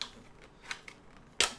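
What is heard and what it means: A removable tail section is fitted into the foam airframe of an XUAV Snow Goose RC plane. A few faint light ticks at about 0.0, 0.7 and 0.9 seconds come before a loud, sharp snap at 1.4 seconds as the part clicks into place and is seated.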